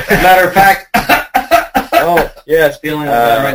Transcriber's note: cough, cough